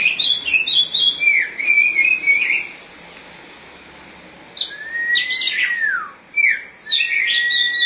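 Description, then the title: Oriental magpie-robin song of varied whistled notes and warbles, a quiet gap, then a long rising whistle that drops sharply, followed by more varied notes. Chirping song (kicauan) of the bird. "Suara Kicauan Burung Kacer Durasi Panjang"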